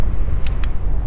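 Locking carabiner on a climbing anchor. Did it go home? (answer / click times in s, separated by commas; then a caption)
yes / 0.5 s, 0.6 s. A metal locking carabiner is closed on a climbing belay anchor, giving two short, sharp metallic clicks at 0.5 s and 0.6 s over a steady low outdoor rumble. The carabiner is locked and the anchor is solid.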